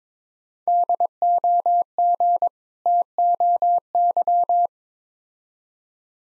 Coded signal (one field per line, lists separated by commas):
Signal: Morse code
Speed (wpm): 23 wpm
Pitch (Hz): 700 Hz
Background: none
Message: DOG TOY